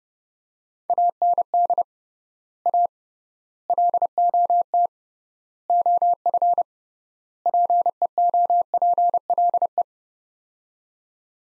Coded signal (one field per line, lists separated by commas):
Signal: Morse code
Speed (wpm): 30 wpm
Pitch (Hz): 700 Hz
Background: none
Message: AND A LOT OF PEOPLE